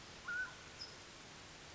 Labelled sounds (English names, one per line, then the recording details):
Mountain Quail
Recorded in Sonoma County, California